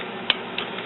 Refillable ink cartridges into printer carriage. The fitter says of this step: hear them click